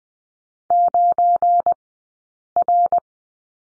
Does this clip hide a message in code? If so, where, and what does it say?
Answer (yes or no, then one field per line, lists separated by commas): yes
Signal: Morse code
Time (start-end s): 0.7-3.0 s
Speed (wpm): 20 wpm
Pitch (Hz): 700 Hz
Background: none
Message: 9R